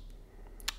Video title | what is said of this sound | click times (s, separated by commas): Paediatric C-MAC Video Laryngoscope Demonstration | then it's just a matter of pushing it in till it locks. | 0.7 s